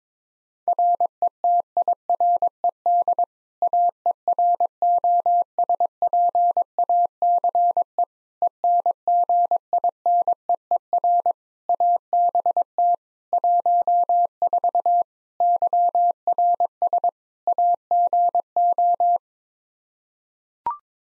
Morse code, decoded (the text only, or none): RETIRED AEROSPACE ENGINEER ABT 14 YRS AGO